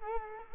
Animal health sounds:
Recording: mosquito wingbeat signal from an infrared sensor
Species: Culex quinquefasciatus

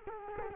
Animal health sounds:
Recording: mosquito wingbeat signal from an infrared sensor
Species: Culex quinquefasciatus

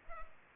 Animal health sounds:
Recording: mosquito wingbeat signal from an infrared sensor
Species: Culex pipiens

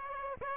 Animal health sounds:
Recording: mosquito wingbeat signal from an infrared sensor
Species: Aedes aegypti

